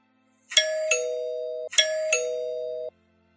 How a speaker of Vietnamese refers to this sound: Có tiếng chuông cổng vang lên